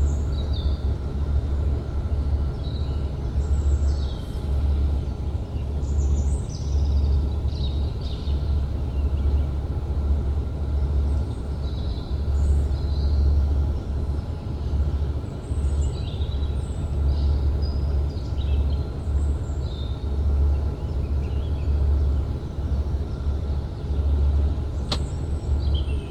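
Birds chirp in short, bright bursts scattered across the whole stretch, over a dense, steady wash of flowing water. A deep, throbbing rumble sits low underneath throughout, like an engine, and a sharp click stands out near the end.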